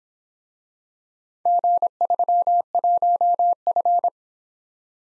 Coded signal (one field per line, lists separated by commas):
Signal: Morse code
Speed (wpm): 26 wpm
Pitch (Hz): 700 Hz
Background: none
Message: G31F